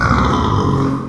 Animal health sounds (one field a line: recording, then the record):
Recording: squeal of a Yucatan mini pig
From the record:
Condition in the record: after surgery on the right vocal fold (resection and tissue-engineered implant)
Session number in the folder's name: 15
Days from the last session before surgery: 175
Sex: female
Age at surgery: 19 weeks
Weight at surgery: 25 kg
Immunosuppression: prednisolone